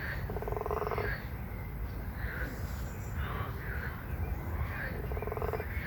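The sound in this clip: Frog croaks, two pulsed, rattling calls near the start and end, with softer calls between, over a steady low rumble.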